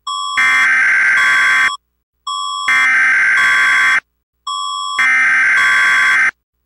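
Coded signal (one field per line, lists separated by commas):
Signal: Emergency Alert System (SAME) tones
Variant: header bursts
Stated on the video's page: Fictional EAS scenario, simulated alert.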